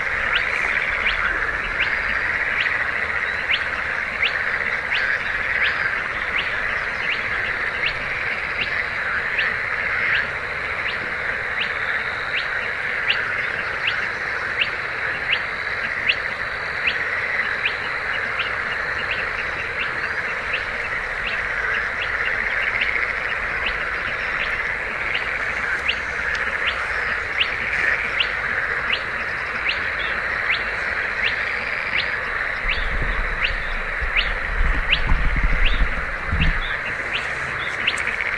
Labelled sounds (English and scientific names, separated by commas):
Spotted Crake (Porzana porzana)